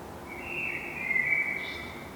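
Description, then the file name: Eurasian blackbird song: a smooth, fluty whistled phrase that gently warbles, followed by a faint high squeaky ending. "Turdus merula"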